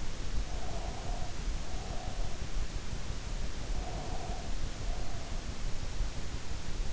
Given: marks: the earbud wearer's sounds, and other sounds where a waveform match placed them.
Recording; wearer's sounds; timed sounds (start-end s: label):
sounds in sleep by an in-ear microphone; breath
0.59-2.54 s: breath
3.71-5.66 s: breath